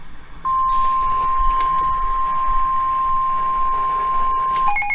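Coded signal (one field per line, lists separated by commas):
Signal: Emergency Alert System (SAME) tones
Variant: 1050 Hz attention tone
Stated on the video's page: EAS alerts for severe weather from late April into May.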